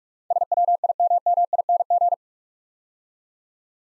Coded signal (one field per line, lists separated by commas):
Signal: Morse code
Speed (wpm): 44 wpm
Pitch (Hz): 700 Hz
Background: none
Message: SWIMMING